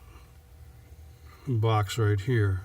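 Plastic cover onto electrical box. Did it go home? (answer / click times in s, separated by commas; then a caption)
no / none. Someone tries to fit a loose plastic cover onto an electrical junction box under a 2013 Corvette C6 Z06, but the cover will not snap on. Low background noise is heard, then from about 1.5 s someone talks. Nothing has seated or clicked yet.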